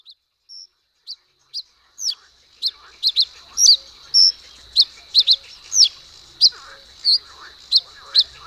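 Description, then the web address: Common reed bunting starts with a few scattered high notes, then speeds into a denser string of sharp chips and paired notes. "agykontroll Madardalok Cd 3. Nádi sármány"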